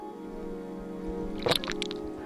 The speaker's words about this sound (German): Nein, nein, trink nur weiter. Du musst deine Kehle schützen.